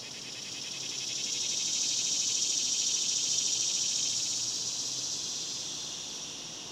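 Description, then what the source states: Cicadas droning in a sustained high buzz that rises to a peak in the middle and eases off again. Daytime cicadas recorded outdoors in a cemetery in summer.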